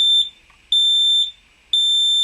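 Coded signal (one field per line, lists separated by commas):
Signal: alarm pattern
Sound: shrill high-pitched alarm beeps, about half a second on and off, three heard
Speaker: So you can see that still the same pattern. 3 beeps, fire, fire.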